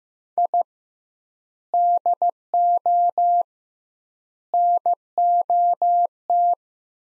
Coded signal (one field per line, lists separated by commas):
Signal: Morse code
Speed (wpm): 15 wpm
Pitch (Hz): 700 Hz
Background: none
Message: I DO NOT